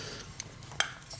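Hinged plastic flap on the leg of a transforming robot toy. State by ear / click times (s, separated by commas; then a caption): released / 0.4 s, 0.8 s. Small hinged plastic flaps on the back of a transforming robot toy's legs are lifted open before the feet are folded in, each one snapping with a sharp, crisp click at 0.4 s and 0.8 s, the second louder. The flaps click open cleanly.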